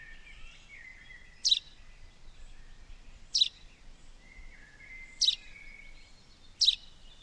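Bird calls: sharp, very brief high clicks about every two seconds, with soft lower warbling notes and steady background hiss.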